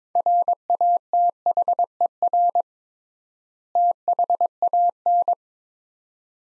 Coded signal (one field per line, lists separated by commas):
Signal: Morse code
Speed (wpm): 21 wpm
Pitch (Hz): 700 Hz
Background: none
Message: RATHER THAN